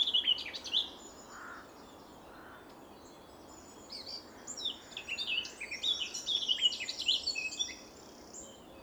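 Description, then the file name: Eurasian blackcap song: scratchy, high twittering phrases, a short burst at the start and a longer jumbled warble later, over a steady low rumble of background noise. "Sylvia atricapilla"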